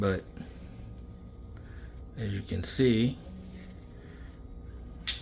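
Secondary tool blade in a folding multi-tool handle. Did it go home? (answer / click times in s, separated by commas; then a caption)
yes / 5.1 s. A secondary tool blade in a folding multi-tool handle is opened and snaps into its open position with a sharp click at 5.1 s. The result is that it seats, unlike the main blade. Someone talks over quiet background noise before the click.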